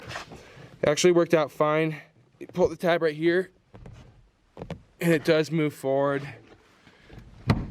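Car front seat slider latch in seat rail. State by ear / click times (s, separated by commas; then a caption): seated / 7.5 s. Someone talks while a release tab on a car's front seat is pulled and the seat slides forward on its metal rails to make room for people in the back. At 7.5 s the seat track latch in the rail engages with a single sharp clunk, locking the seat into place.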